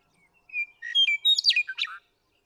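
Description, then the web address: Western meadowlark song: one rich, gurgling phrase of slurred whistles that jumps between high and lower notes and ends in a quick warbled flourish. "birdsongforthecurious Western Meadowlark"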